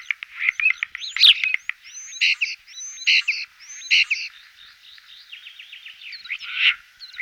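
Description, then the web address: Common starling song: a varied jumble of clicks, rattles, buzzy notes and high whistled slurs, with a few repeated harsh bursts. "Voegel Star"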